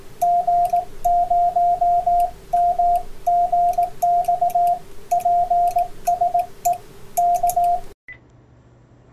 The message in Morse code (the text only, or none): G0MGX PSE K